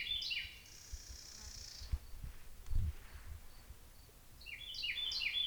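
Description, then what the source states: Bird sounds, a quick chirp, then a sustained high thin note, a few low thumps, and a fresh burst of rapid chirping at the end. Birds recorded in deep woods on 14 May 2017.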